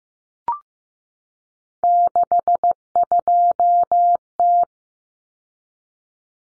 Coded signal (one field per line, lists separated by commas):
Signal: Morse code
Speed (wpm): 15 wpm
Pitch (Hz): 700 Hz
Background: none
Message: 62T